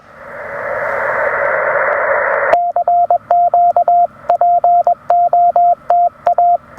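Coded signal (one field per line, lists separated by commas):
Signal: Morse code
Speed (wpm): 21 wpm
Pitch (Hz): 700 Hz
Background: radio noise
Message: CQPOTA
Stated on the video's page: Park activation with a Penntek TR-45L transceiver, CW paddles, and a Radioddity HF-009 portable vertical antenna.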